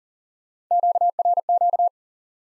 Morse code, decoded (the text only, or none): QRQ